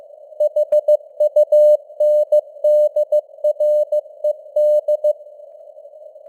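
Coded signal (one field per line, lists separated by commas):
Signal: Morse code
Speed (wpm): 15 wpm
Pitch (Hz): 600 Hz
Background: none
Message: HUNDRED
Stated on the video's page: Computer-generated news headlines in Morse at 15 wpm, with simulated radio noise and varying signal strength (QSB).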